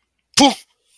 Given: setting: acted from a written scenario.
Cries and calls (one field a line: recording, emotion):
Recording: vocal sound without words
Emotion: fear